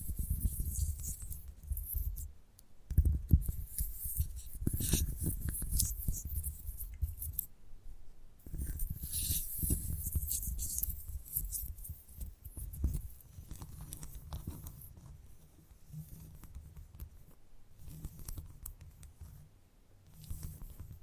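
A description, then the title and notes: Gentle tapping and soft scratching, with dull low thumps and crisp bright clicks coming in irregular bursts. ASMR Gentle Tapping Tickles Your Brain (No Talking).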